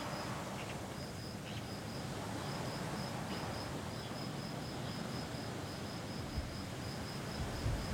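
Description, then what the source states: Cicada song of soft repeated pulses over strong, constant wind. Single cicada hiding in a garden all week; recorded on a day of constant mistral wind blowing through a pine tree.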